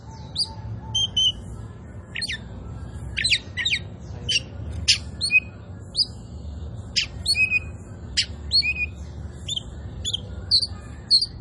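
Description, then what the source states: Oriental magpie-robin delivering a long varied series of sharp chips, thin whistles and upward sweeps, spaced irregularly over a low hum. Local Indonesian name kacer poci; described as gacor, singing vigorously.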